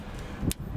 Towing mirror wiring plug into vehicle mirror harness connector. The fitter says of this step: Fit that like that, you'll hear it go click, and then just tuck this wire away down under there somewhere so it's not in